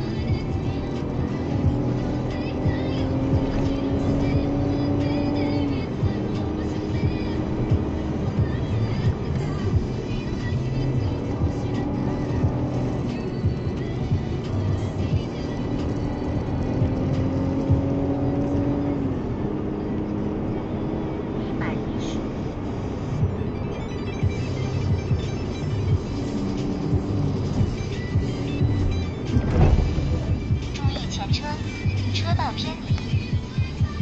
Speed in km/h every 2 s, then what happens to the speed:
87, 102, 106, 109, 91, 91, 90, 89, 100, 109, 114, 106, 98, 96, 91, 71, 58.
0-5 speeds up to 109. 6-8 brakes to 91. 8-14 steady at about 90. 14-20 speeds up to 114. 20-34 brakes to 58.